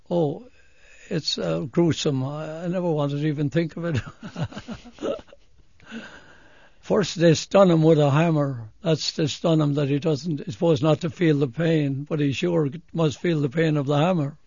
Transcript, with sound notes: Oh, it's gruesome. I never wanted to even think of it. (laughs) First they stun 'em with a hammer. That's to stun him, that he doesn't, supposed not to feel the pain, but he sure must feel the pain of the hammer.